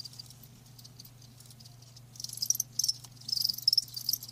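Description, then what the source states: Cricket chirps, quiet at first, then high pulsed trills swelling in bursts during the second half over a low steady hum. Live crickets chirping, a lulling song.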